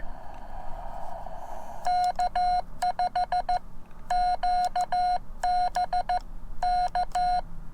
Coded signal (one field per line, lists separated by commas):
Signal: Morse code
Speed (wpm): 14 wpm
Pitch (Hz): 720 Hz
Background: none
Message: K5QB K